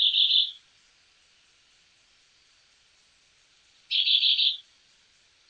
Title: LuckyPassaro Completos2Sama. Chestnut-bellied Euphonia (Euphonia pectoralis)